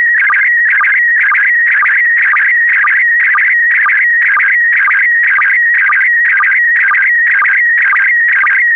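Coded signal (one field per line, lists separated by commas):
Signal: SSTV (slow-scan television)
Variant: PD120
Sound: warbling, chirping tone repeating a rhythmic pulse about twice a second, with short low blips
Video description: When ready, un-pause this video and start to decode * this is a 2 minutes test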